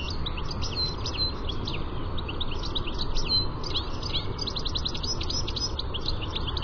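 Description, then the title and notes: European goldfinch twittering continuously with fast, bright, jangling notes, denser toward the end, against constant low-pitched background rumble. "Lyden av en stilits by forskningno"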